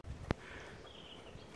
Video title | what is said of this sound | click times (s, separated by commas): BMW F30 FRONT LIP INSTALL | Alright, guys, so we have the front splitter fully engaged. | 0.3 s